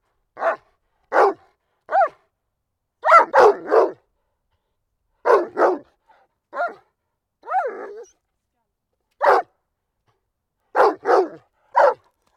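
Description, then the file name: Dog barking in irregular bursts of one to three barks, mixed with a couple of higher, whiny yelps, more than a dozen sounds in all. "Digiffects Sound Effects Library - Dog Barking"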